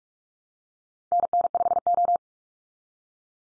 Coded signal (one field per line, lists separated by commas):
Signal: Morse code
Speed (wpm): 44 wpm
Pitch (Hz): 700 Hz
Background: none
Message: NN5O